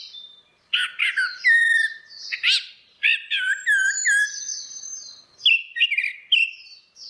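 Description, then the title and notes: Orange-headed thrush song: rich, varied whistled phrases with downslurred notes, separated by short pauses. Continuous singing (ngeplong) recording made for training other birds (masteran). "Suara Burung Anis Merah Ngeplong. Masteran Anis Kembang"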